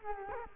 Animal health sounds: mosquito wingbeat signal from an infrared sensor; Culex quinquefasciatus

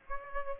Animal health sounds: mosquito wingbeat signal from an infrared sensor; Aedes aegypti

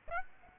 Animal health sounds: mosquito wingbeat signal from an infrared sensor; Aedes aegypti

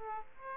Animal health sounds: mosquito wingbeat signal from an infrared sensor; Aedes aegypti

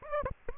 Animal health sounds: mosquito wingbeat signal from an infrared sensor; Aedes aegypti

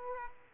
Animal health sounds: mosquito wingbeat signal from an infrared sensor; Aedes aegypti

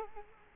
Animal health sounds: mosquito wingbeat signal from an infrared sensor; Culex quinquefasciatus

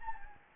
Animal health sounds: mosquito wingbeat signal from an infrared sensor; Anopheles gambiae

